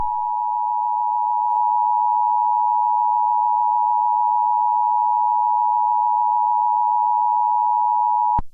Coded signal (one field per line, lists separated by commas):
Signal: Emergency Alert System (SAME) tones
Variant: 853 and 960 Hz attention tone